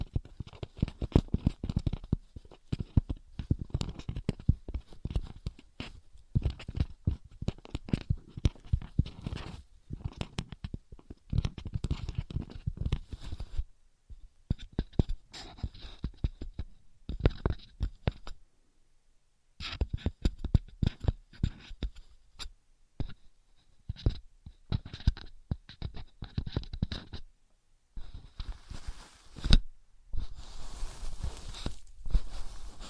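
Rapid scratchy rubbing and tapping of materials like wood, cork, sponge and plastic, dense at first, then sparser bursts with brief pauses.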